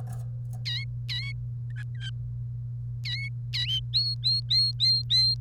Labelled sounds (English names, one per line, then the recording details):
Domestic Canary song
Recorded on 1 May 2018 at 08:33
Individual llb3